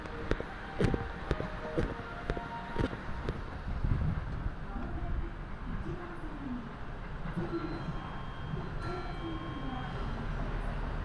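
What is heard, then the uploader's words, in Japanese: A Kiha 85 diesel limited express, the Nanki No. 6 on the Kansai Line between Kuwana and Nagoya, rumbles along with a dense, steady low roar. Sharp clacks repeat through the first three seconds, and a faint voice-like murmur rises and falls midway. 関西本線 桑名→名古屋特急南紀6号（キハ85）。やはり特別急行らしい重厚さと貫禄がエンジン音から伝わってきます。とはいえこの日の編成は２両！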